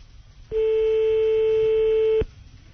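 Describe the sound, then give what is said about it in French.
A telephone ringing tone from a call to a landline sounds once as a single steady, mid-pitched electronic beep lasting under two seconds, loud and even, set over a faint low background hum with no talking. “J'appelle sur le fixe.”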